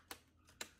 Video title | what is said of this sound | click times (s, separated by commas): How to Replace laptop Screen - LED LCD HP 15 - BA002DS | we are snapping it make sure that all the clips snap in place right | 0.1 s, 0.6 s